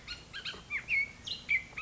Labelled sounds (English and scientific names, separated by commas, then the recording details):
Bullock's Oriole (Icterus bullockii)
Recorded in Sonoma County, California